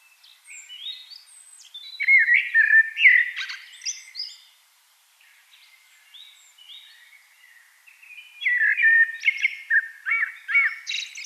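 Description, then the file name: Eurasian blackbird song, a low-key opening then loud mellow whistled warbling with twittery ends, a pause, and a second full phrase. "Turdus merula"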